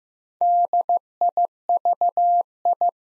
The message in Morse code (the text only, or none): DIVI